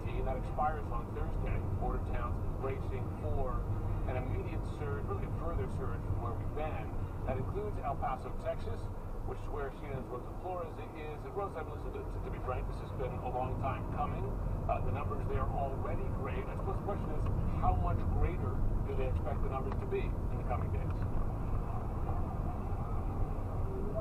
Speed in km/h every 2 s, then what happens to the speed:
19, 19, 18, 16, 13, 8, 8, 15, 21, 23, 24, 26.
0-7 steady at about 18. 7-10 slows to 8. 12-24 speeds up to 26.